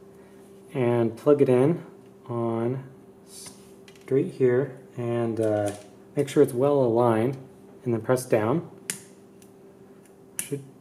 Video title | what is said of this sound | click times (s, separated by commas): BMPCC4K 3.1 Cage Assembly | should be an audible click make sure that's on all the way | 8.9 s, 10.4 s